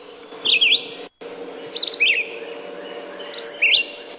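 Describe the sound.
Red-eyed vireo song: short, high, slurred phrases of two or three notes, given about every one and a half seconds with pauses between them, over a faint steady hum.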